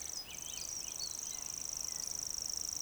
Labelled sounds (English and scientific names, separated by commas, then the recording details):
Eurasian Woodcock (Scolopax rusticola) whistle, Eurasian Woodcock (Scolopax rusticola) croak
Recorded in Baden-Württemberg, Germany, on 12 June 2020 at 19:49 UTC
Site 43791, 788 m above sea level